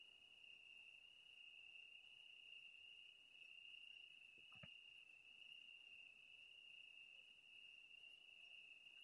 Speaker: Bueno, pues son grillos ahora mismo más que chicharras.